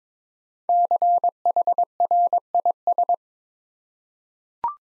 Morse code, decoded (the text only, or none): CHRIS